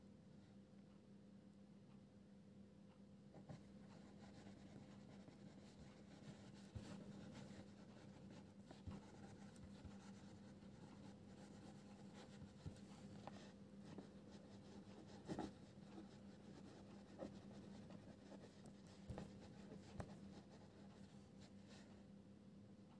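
A pencil scratches and scribbles across paper in short, irregular strokes, with small taps and ticks scattered throughout and a few sharper accents around 15 and 19 seconds. Beneath it runs a steady low hum that never changes.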